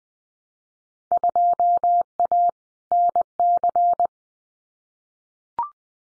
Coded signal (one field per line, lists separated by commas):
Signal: Morse code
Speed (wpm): 20 wpm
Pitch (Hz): 700 Hz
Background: none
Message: 2A NC